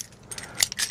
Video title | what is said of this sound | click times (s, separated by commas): Unboxing King Kong Magnet & 1500KG Magnet Australia Ep 3 | lock it in place this | 0.6 s